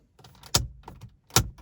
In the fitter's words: snaps back in on both sides.